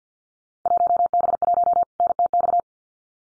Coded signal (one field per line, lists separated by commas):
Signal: Morse code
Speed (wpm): 50 wpm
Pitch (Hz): 700 Hz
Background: none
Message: 1B1 NTX